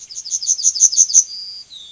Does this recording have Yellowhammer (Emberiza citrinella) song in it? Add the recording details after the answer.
yes. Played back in forest. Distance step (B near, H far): B. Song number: 173